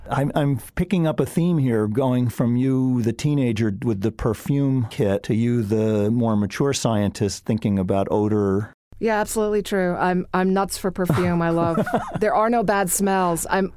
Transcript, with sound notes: I’m picking up a theme here, going from you, the teenager, with the perfume kit, to you the more mature scientist thinking about odor.
Yeah, absolutely true. I’m — I’m nuts for perfume. I love —
[LAUGHS]
There are no bad smells.